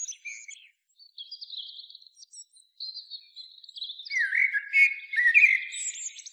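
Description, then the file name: Common blackbird song: soft high twittering squeaks, then a fuller warbled phrase near the end with buzzy, squeaky flourishes. "Turdus merula"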